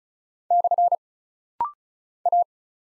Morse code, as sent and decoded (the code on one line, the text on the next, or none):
-..-. / .-
/ A